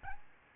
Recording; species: mosquito wingbeat signal from an infrared sensor; Aedes albopictus